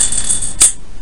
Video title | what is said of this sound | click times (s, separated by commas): SHOW TIME BOX OPENING PARENT WARNING NOGGENS PIRATE PALS | that is locked into place now firstly you can give this to an 18 month year old they | 0.6 s